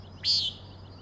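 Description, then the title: Common nighthawk, a single loud, nasal, buzzy peent note. Three birds giving peenting calls, flying in close follow-the-leader formation, remarkably close to the recordist; Overlook, Schoodic Head, Acadia National Park, Winter Harbor, Maine; 16 June 2017, 4am. "Common Nighthawks, Schoodic Head 061617 4am"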